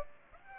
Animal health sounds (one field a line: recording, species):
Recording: mosquito wingbeat signal from an infrared sensor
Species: Aedes aegypti